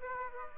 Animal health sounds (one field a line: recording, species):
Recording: mosquito wingbeat signal from an infrared sensor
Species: Aedes aegypti